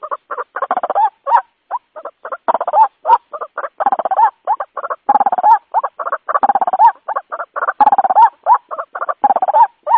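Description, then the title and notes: White-breasted waterhen calls, a dense run of harsh grunting and croaking notes with short rising squeals, pulsing irregularly throughout. Lure call used for attracting waterhens. "Pikat Ruak Jawara. Suara Burung Ruak"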